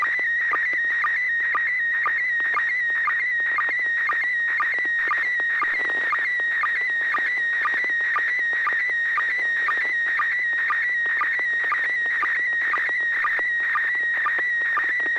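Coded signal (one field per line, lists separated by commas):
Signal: SSTV (slow-scan television)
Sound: warbling high tone with rapid ticking sync chirps about twice a second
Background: low hum, FM radio hiss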